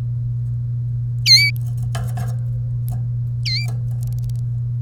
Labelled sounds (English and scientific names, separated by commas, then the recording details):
Domestic Canary (Serinus canaria) song
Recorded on 1 May 2018 at 07:59
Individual llb3